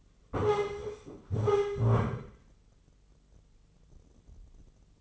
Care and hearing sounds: daily activity, microphone in the room; stand up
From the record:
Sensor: 4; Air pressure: 996.7 hPa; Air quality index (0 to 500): 241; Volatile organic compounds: 347 ppm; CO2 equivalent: 4577 ppm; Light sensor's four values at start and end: 46/114/47/47 and 46/114/47/47

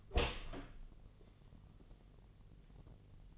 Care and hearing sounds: daily activity, microphone in the room; open door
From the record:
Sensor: 4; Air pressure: 1002.3 hPa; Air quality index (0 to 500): 249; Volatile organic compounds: 41 ppm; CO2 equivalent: 3166 ppm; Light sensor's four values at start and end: 10/23/9/9 and 9/21/8/8

